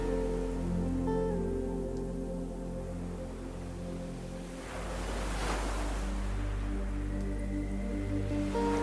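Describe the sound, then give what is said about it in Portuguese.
A single ocean wave swells and washes in on a sandy beach at sunset, about halfway through, a broad hissing surge rising and fading beneath a steady, sustained bed of soft, layered musical tones. “O som das ondas embala seu corpo.”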